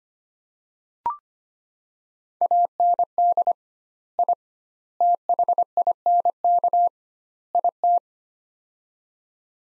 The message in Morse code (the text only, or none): AND I THINK IT